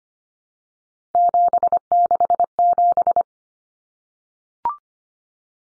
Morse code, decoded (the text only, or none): 767